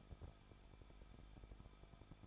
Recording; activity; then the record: daily activity, microphone in the room; no activity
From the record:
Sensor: 5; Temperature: 20.8 degrees Celsius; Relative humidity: 38.5%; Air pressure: 1006.5 hPa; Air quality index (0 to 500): 191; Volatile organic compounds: 20 ppm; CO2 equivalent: 2689 ppm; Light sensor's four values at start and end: 2/3/1/1 and 2/3/1/1